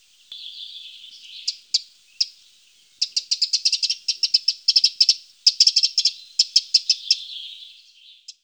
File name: Zaunkönig